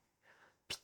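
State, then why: Seated. A 3D-printed plastic mount is pressed onto an earbud charging case. A faint, soft rustle from about 0.2 to 0.5 s is followed by a sharp, bright snap at 0.7 s. The mount seats in place with a precise, perfect fit.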